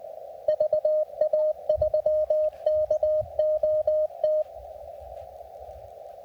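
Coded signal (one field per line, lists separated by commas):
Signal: Morse code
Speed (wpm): 18 wpm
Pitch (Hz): 620 Hz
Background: radio noise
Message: VA3KOT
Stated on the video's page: Portable Parks on the Air activation from a backcountry campground in Akamina-Kishinea Provincial Park, British Columbia.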